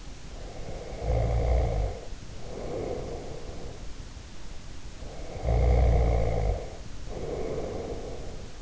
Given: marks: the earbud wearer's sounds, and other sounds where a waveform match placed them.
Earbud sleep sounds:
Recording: sounds in sleep by an in-ear microphone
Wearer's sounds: snoring breath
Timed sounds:
0.29-3.89 s: snoring breath
5.02-8.62 s: snoring breath

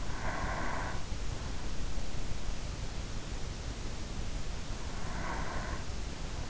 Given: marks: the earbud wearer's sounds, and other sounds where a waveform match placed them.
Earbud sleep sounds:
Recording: sounds in sleep by an in-ear microphone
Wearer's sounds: breath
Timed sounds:
0.00-1.57 s: breath
4.84-6.25 s: breath

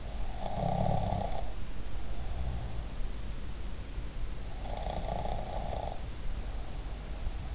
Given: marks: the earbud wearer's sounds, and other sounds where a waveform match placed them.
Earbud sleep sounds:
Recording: sounds in sleep by an in-ear microphone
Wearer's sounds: snoring breath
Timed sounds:
0.30-2.73 s: snoring breath
4.70-7.55 s: snoring breath

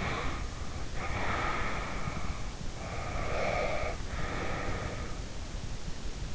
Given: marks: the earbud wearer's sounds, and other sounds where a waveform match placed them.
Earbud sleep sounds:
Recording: sounds in sleep by an in-ear microphone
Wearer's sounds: breath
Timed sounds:
0.00-2.46 s: breath
2.92-5.19 s: breath

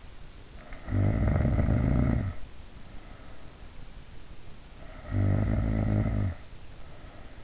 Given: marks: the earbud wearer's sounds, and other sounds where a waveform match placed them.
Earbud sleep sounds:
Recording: sounds in sleep by an in-ear microphone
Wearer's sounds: snoring breath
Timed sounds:
0.58-2.58 s: snoring breath
4.53-7.44 s: snoring breath

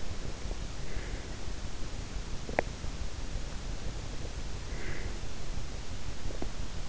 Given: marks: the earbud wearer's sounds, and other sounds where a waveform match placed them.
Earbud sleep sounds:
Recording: sounds in sleep by an in-ear microphone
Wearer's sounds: breath, teeth grinding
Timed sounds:
0.63-1.50 s: breath
2.41-2.80 s: teeth grinding
4.63-5.25 s: breath

